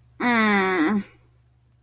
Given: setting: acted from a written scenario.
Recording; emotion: vocal sound without words; disappointment